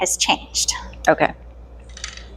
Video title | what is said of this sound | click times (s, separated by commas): What Else Can I Do!?! Archery Edition, Episode 9 | Make sure you've got it all the way on. So, we didn't quite hear that snap. | none